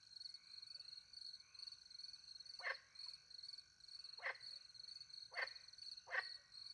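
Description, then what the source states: Frog croaks, short rasping notes starting partway through and repeating about every second, over a steady high-pitched cricket chorus. Frogs with crickets at night in the countryside by a small pond, France; microphones hidden in a tree; two Usi pro microphones into a Mixpre 10 II recorder.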